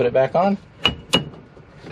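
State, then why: Seated. Someone talks, then a plastic center cover is pushed by hand back onto the hub of a new steering wheel on a Polaris General XP UTV. Two sharp, loud snaps are heard at about 0.9 and 1.1 seconds as the cover pops back on and seats.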